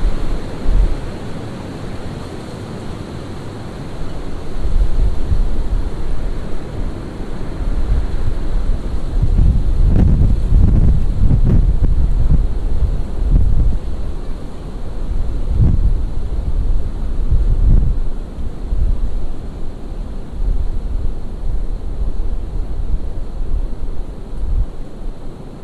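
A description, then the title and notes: A windstorm roars without pause, a deep rumbling rush heavy in the low end. Stronger gusts swell and buffet between about 9 and 14 seconds and again near 16 and 18 seconds, each pushing the rumble louder before it settles back. Windstorm. Recorded by Dan Bodah at Penn Haus, Dingmans Ferry PA.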